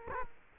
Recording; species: mosquito wingbeat signal from an infrared sensor; Culex quinquefasciatus